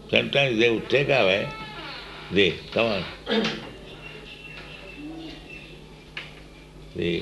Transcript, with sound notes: Sometimes they would take away the... [door opens] Come on. The,